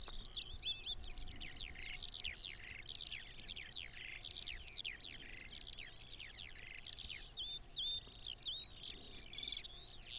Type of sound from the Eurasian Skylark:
song